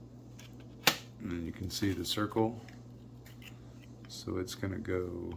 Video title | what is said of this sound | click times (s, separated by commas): I Blew Up my Brake Line! (1989 CR250 Big Bore) | hear that nice little snap and | 0.9 s